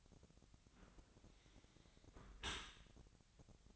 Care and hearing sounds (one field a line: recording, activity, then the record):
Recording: daily activity, microphone in the room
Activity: close dishwasher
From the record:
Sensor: 3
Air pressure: 1003.1 hPa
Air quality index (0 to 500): 198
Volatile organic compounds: 6 ppm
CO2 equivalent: 1937 ppm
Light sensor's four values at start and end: 35/87/37/40 and 35/87/37/40